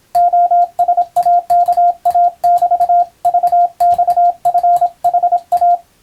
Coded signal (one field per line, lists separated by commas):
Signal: Morse code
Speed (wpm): 26 wpm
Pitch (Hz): 700 Hz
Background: radio noise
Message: OSAKA<BT>VXFHA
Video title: ボケ防止に昔楽しんだモールス符号を思い出そう！YouTubeの再生速度を聞き取りやすい速度に設定して受信練習を始めてみませんか(morse code practice radio operator )